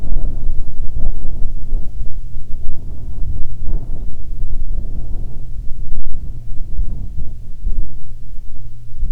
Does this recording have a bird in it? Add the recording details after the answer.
no. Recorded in the Prudhoe Bay oil fields, Alaska, on 7 August 2019 at 14:22. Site 17